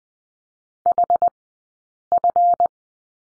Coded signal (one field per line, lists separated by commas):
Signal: Morse code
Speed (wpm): 20 wpm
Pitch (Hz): 700 Hz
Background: none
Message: HF